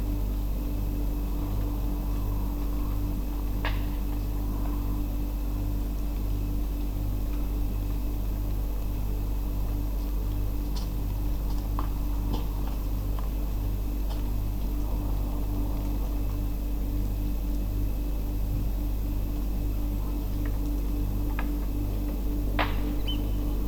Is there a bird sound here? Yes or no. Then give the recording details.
yes. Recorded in France